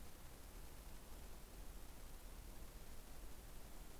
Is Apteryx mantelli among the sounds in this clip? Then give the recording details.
no. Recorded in New Zealand on 15 November 2013. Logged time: 00:43. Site BV22